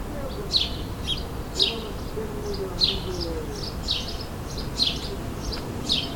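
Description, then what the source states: Sparrow chirps, short bright tweets roughly once a second, with a low humming tone drifting underneath. Several sparrows in a suburban setting, ambient sound, May 2022.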